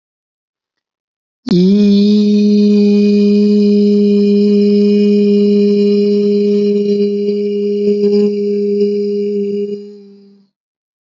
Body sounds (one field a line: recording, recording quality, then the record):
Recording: sustained vowel as in beet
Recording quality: excellent, no background noise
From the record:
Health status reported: healthy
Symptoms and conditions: none ticked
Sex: male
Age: 37 years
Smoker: not ticked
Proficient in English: yes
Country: India